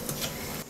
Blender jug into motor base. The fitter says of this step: защелкнулся смотри костя постараться то защелкнулся